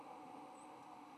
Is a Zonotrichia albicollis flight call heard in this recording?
no